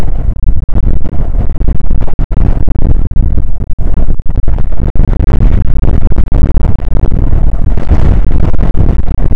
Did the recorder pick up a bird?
no